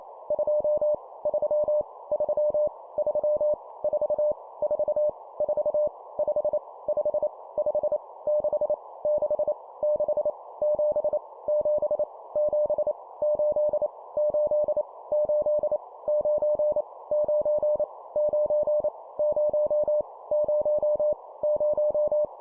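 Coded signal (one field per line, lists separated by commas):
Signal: Morse code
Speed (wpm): 28 wpm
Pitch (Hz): 600 Hz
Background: none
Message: 2 3 3 3 4 4 4 5 5 5 6 6 6 7 7 7 8 8 8 9 9 9 0 0 0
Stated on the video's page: Morse copy-speed drill of numbers at 25 wpm, each repeated three times.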